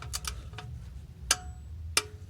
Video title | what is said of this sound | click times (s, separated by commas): How to Change Oil and Filter in Your 2017 Toyota Rav4 | tighten the drain bolt until you hear the click | 1.3 s, 2.0 s